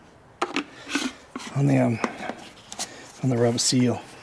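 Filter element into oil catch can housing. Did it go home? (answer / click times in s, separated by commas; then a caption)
no / none. A filter element with an oiled rubber seal is handled and refit into the plastic housing of an oil catch can on a Colorado, with sharp handling knocks around 0.4, 0.6, 1.4 and 2.7 seconds while someone talks. The clip ends just before the element goes home, so nothing has seated or clicked yet.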